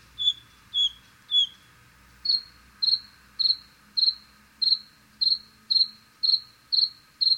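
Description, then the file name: Bluethroat song opening with three slurred descending whistles, then a steady run of short, sharp high notes repeated about twice per second. "Gorgebleue-à-miroir-Luscinia-svecica"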